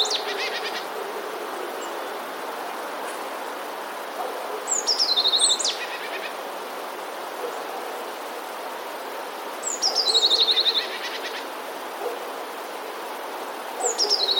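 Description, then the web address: Eurasian blue tit song: high thin introductory notes followed by a fast trill, given twice about five seconds apart, then a third phrase beginning at the end, over steady background hiss. "wroblowe teka spiew 14. modraszkoteka"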